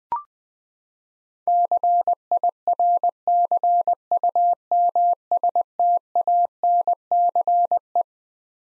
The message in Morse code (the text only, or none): CIRCUMSTANCE